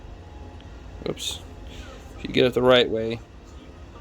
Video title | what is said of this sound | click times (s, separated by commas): RevoNext RX8 An Acceptable Budget IEM (4/5⭐FOR $30) | No, it doesn't snap either way. | none